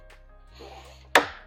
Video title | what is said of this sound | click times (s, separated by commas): How to Mount the Trxstle CRC System Fly Rod Carrier - Standard & XL Mount Installation | till it clicks into place. | 1.2 s